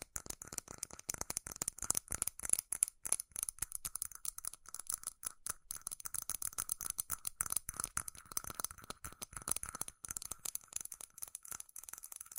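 Fast, furious tapping on metal, a dense rattling stream of sharp clicks that barely pauses across the whole stretch. The hits are bright and crisp with a thin ringing tone running underneath, and the rhythm stays busy and irregular throughout.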